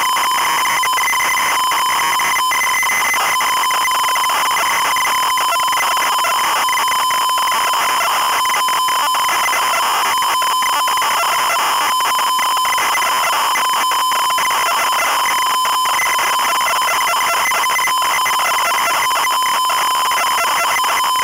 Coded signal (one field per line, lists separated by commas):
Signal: ZX Spectrum tape loading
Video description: Were you able to find which game's loading sound was used as soundtrack?